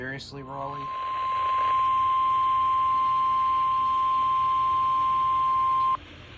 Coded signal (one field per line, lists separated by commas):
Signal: Emergency Alert System (SAME) tones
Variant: 1050 Hz attention tone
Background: speech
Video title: An SVR Filled Weekend || EAS Alerts from May 21-22, 2022 || EAS 169-179